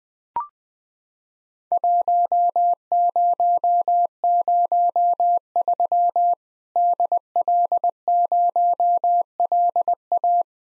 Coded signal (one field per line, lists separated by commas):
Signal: Morse code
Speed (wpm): 20 wpm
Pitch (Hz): 700 Hz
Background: none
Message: 1003 DL0LA